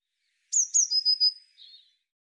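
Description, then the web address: Eurasian blue tit sings two sharp high downslurred notes, then a short run of lower rapid notes, ending with a softer, quieter dropping flourish. Recorded in 2025. "cianscape birddata Deverinetal 2025 Bird Cy Ca"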